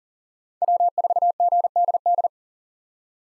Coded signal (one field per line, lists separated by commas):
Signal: Morse code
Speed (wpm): 40 wpm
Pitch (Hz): 700 Hz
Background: none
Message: W4GDD